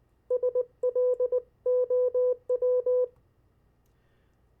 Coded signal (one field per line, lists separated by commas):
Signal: Morse code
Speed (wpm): 19 wpm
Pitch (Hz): 500 Hz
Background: none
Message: SLOW